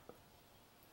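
After a CR2032 coin cell is changed, the plastic battery compartment cover of an iGaging Absolute Origin IP-54 digital caliper is slid back into the caliper body. A single short tick at 0.1 s marks the cover locking into place, and the rest of the clip is quiet.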